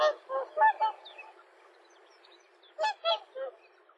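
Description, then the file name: Tundra swans giving quick bursts of honking notes, four calls in rapid sequence, a quiet gap of over a second, then three more honks. Tundra swans recorded in Aomori on 7 April 2013. "kohakucho aomori"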